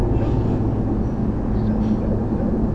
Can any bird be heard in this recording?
yes